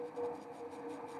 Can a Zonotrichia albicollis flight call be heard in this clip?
no